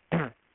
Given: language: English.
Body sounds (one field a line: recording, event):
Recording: throat vibration sensor signal played as sound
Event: throat clearing